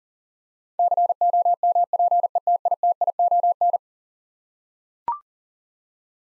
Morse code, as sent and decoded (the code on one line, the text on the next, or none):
-.-. --- -- .--. . - .. - .. --- -.
COMPETITION